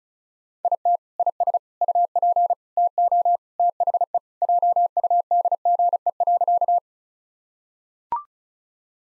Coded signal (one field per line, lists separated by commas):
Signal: Morse code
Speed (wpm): 36 wpm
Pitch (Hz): 700 Hz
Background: none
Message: IT IS UP TO THE JUDGE.